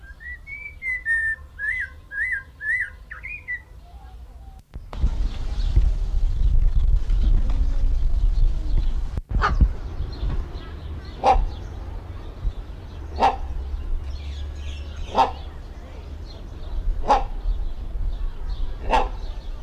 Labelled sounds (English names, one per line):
Snowy-crowned Robin-Chat song